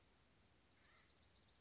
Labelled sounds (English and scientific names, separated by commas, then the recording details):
Acorn Woodpecker (Melanerpes formicivorus)
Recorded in Sonoma County, California